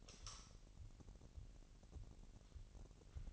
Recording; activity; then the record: daily activity, microphone in the room; light on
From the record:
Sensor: 4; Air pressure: 1002.7 hPa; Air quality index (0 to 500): 249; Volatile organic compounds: 18 ppm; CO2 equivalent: 2631 ppm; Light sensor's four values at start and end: 6/13/5/5 and 6/15/6/6